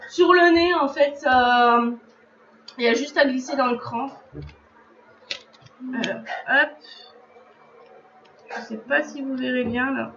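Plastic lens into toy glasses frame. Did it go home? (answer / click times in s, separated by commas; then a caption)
yes / 5.3 s. A plastic lens is slid into the notch at the middle (nose bridge) of a pair of toy glasses and clips into the frame. Someone talks, and a sharp click is heard at 5.3 s as the lens seats.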